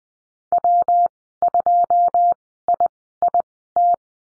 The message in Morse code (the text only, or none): W2IIT